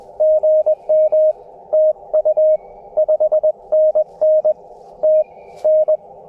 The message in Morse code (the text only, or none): GM TU 5NN TN